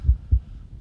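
A normal heartbeat: a very regular rhythm from a healthy heart, with two low-pitched beats heard.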